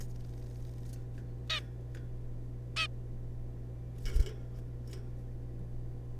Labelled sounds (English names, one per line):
Zebra Finch